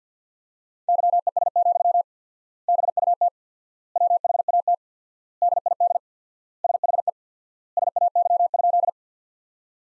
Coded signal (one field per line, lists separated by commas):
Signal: Morse code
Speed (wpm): 50 wpm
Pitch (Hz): 700 Hz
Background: none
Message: YES, BUT WHAT DID SHE SAY?